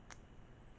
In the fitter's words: That locks it. You hear it lock.